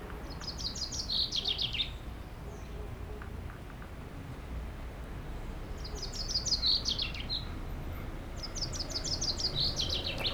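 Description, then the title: Common chaffinch song: three fast, rattling phrases that tumble downward and close with a flourish, the first set apart by a long pause and the last two close together, over low background rumble. Singing in a tree while preening; Aix-les-Bains, France. "30 Rue Eugène Fert, 73100 Aix-les-Bains, France - Pinson des arbres"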